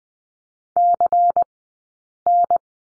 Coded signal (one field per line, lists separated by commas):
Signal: Morse code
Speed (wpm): 20 wpm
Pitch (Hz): 700 Hz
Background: none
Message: CN